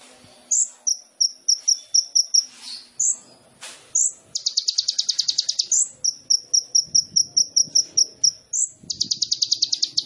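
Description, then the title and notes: Sunbird song: strings of bright high chips and squeaks alternate with dense buzzy trills of fast repeated notes. Masteran for songbirds, used as a lure to prompt singing; full of isian (filler phrases) and tembakan (shots); the bird is gacor, singing actively. "MASTERAN KOLIBRI NINJA FULL ISIAN DAN TEMBAKAN COCOK BUAT PANCINGAN. Suara Burung Kolibri Ninja Gacor"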